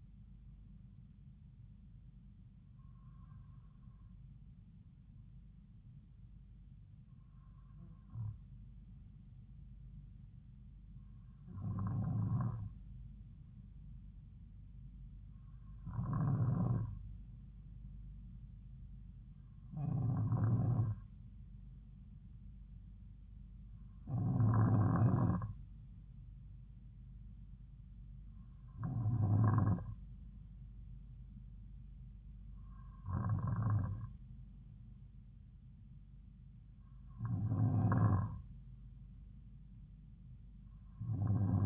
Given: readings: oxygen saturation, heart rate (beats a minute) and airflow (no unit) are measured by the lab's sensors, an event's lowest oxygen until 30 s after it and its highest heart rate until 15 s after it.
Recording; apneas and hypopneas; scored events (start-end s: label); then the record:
breathing in sleep by a smartphone at the bedside; none
none scored
From the record:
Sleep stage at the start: N2 (light sleep); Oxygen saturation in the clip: 93 to 94%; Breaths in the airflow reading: 9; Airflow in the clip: -2.9 to 2.3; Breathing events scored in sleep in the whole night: 270 in 6.1 hours asleep